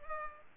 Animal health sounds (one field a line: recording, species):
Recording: mosquito wingbeat signal from an infrared sensor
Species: Culex pipiens